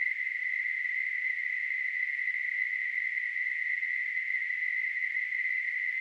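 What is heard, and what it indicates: Simulated tinnitus: a steady, continuous narrow band of hissing noise centred near 2 kHz, holding an even loudness throughout with no breaks.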